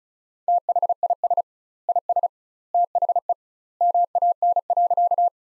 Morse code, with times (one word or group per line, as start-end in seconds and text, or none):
0.5-1.4 THIS
1.9-2.3 IS
2.7-3.3 THE
3.8-5.3 MAN.